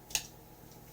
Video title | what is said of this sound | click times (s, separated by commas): age of the primes star optmus prime | sure they clip in place. You're going to hear a hard, you're going to hear a nice solid click. | 0.1 s, 0.2 s